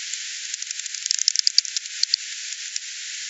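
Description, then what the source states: Bat clicks: rapid dry ticks in irregular bursts, denser in the middle, over a steady hiss. Recorded on 28 September 2020.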